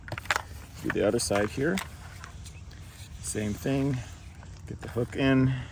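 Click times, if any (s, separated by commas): 0.3 s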